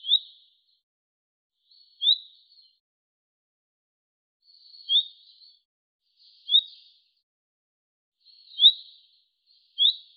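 Bird giving repeated short, high, upward-sweeping chirps at uneven gaps of one to three seconds, some with faint trailing notes, in an otherwise quiet setting.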